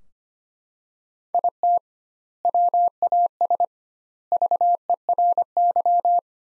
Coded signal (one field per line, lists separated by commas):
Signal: Morse code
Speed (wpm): 25 wpm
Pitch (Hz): 700 Hz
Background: none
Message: IT WAS VERY